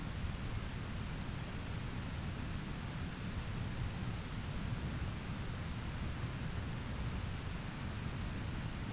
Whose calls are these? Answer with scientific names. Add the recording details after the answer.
none. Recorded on Arctic tundra, site ZACK-1, on 13 June 2019. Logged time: 09:49